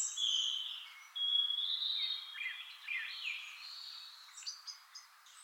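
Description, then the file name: European robin singing clear, drawn-out high whistles followed by quick warbled glides and a few brief tinkling notes at the end. "Erithacus rubecula"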